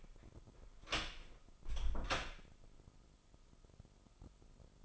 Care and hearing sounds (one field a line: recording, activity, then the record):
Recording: daily activity, microphone in the room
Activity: close door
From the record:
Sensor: 5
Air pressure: 996.3 hPa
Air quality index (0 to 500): 54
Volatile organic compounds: 1 ppm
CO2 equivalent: 894 ppm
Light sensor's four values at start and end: 42/98/41/43 and 42/99/41/43